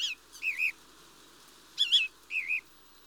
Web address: BBC Sound Effects Library Birds Mistle Thrush (Turdus Viscivorus)